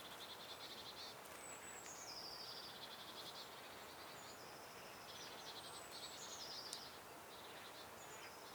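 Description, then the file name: Eurasian blue tit giving high, thin calls and short rapid trills near the top of the range, repeated several times over steady background hiss. "Cyanistes caeruleus"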